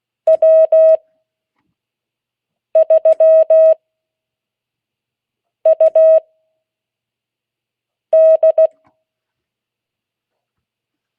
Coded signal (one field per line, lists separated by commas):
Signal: Morse code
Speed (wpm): 16 wpm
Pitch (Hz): 640 Hz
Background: none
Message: W3UD